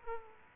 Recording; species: mosquito wingbeat signal from an infrared sensor; Aedes aegypti